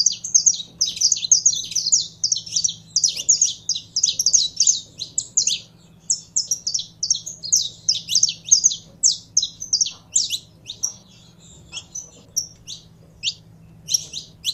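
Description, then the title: Canary singing dense fast chirping phrases, pausing briefly around the middle, then more phrases that thin out into spaced sharp notes; low steady hum faintly behind. Belgian canary, described as pure Belgian stock, singing. "Canto Do Canário Belga Puro"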